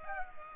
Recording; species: mosquito wingbeat signal from an infrared sensor; Culex pipiens